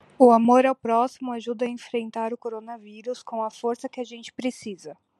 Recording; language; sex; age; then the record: spoken sentence; Brazilian Portuguese; female; 20 to 29 years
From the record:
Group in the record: control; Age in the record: 26 years